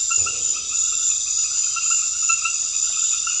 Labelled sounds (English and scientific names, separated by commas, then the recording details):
none
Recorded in pastures near Puerto Asís, Putumayo, Colombia, on 28 February 2025 at 22:00
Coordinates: 0.502, -76.324
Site GP07